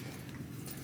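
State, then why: Not seated. A gearbox case half from a Trailmaster, Hammerhead GTS and American SportWorks F/N/R gearbox is being fitted back over the gears and bearings and felt around by hand to get the gears to mesh. Low, steady rustling and shifting noise is heard, with a brief faint bump at 0.3 s. The case half has not clicked into place yet.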